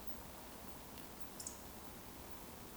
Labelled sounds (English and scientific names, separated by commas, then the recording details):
Eurasian Woodcock (Scolopax rusticola) whistle
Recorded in Baden-Württemberg, Germany, on 11 June 2020 at 20:39 UTC
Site 14569, 102 m above sea level